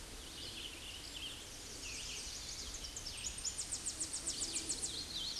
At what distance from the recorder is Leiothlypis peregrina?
about 40 m